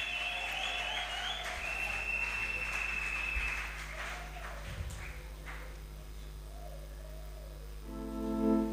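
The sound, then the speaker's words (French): A church audience claps steadily and cheers to encourage the choir as it comes forward, with shrill, sustained cries rising over the dense applause early on. The clapping carries on without a break and swells louder again at the end. “Grande chorale, pendant qu'ils s'avancent, nous pouvons aussi les encourager avec les acclamations.”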